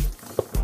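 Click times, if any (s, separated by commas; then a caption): 0.4 s, 0.5 s. The separate plastic tail of a Jurassic World Legacy Collection T-Rex action figure, from the ambush set with the Mercedes-Benz ML320, is pushed into the socket in the figure's body. A sharp, short click sounds at 0.4 s, followed by a broader, heavier snap at 0.6 s, over a low rumble at the start. The tail is seated and, being one-way, will not come out again.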